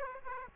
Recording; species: mosquito wingbeat signal from an infrared sensor; Aedes aegypti